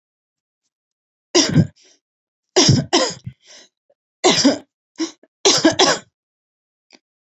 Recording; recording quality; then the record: heavy voluntary cough; excellent, no background noise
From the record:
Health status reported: COVID-19 positive, no symptoms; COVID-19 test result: positive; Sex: female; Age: 31 years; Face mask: not worn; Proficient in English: yes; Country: India